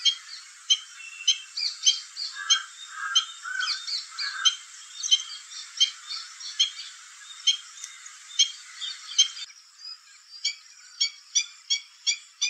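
Stilt calls, many sharp nasal yelps at a brisk pace; lower hoarse notes drop out midway, leaving a steady run of clipped yaps.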